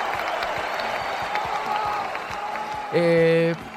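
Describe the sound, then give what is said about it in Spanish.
An audience applauds with dense, steady clapping over a murmur of crowd noise for the winner of a Boxeo Planeta T-shirt, courtesy of Olimpia Deportes, then a loud, buzzing horn-like tone sounds for about half a second near the end. “Todos los aplausos, todos.”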